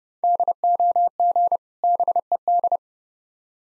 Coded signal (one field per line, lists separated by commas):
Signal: Morse code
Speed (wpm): 30 wpm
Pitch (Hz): 700 Hz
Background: none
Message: DOG BED